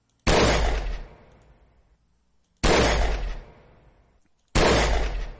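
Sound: rapid gunfire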